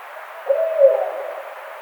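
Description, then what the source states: Barred owl giving a single low hoot lasting under a second, over a steady background hiss. Recorded 11 April 2009.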